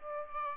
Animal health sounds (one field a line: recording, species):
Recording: mosquito wingbeat signal from an infrared sensor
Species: Aedes aegypti